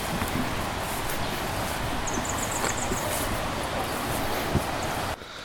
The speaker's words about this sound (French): Effectivement, c'est pas une petite cascade. Moi, c'est la première de cette taille-là à Madagascar. C'est pas les chutes d'Iguazu, mais c'est pas mal. Alors là, je sais pas si vous entendez le bruit de la cascade.